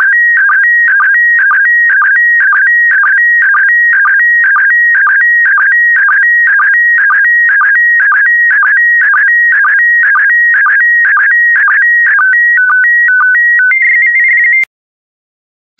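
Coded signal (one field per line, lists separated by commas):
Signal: SSTV (slow-scan television)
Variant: PD120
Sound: warbling electronic tone stepping between pitches, with short low blips twice a second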